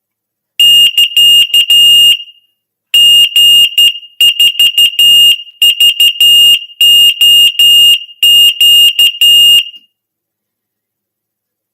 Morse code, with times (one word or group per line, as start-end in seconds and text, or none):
0.6-2.1 <KA>
2.9-9.6 G4VOQ